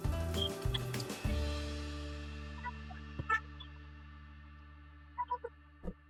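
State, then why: Not seated. A trolley component is fitted into the frame of a metal storage trolley, making several quick knocks and taps near the start, a sustained ringing tone that slowly fades, then a few scattered light taps later on. Nothing has seated or clicked yet.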